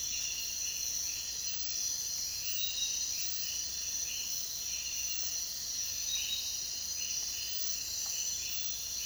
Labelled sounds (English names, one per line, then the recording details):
none
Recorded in dense forest near Puerto Asís, Putumayo, Colombia, on 22 June 2025 at 04:30
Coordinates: 0.466, -76.327
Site GP04